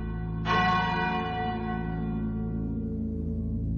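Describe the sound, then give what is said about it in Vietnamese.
A single deep bell strikes once with a sharp attack, then its rich, layered tones ring on and slowly fade over a steady low hum. “Ta mượn thái tuế lạc hồn chung, chuông ngân chấn động trốn mông lung, âm vang xé gió rung cửu địa, vạn quỷ hồn phi sạch tận cùng.”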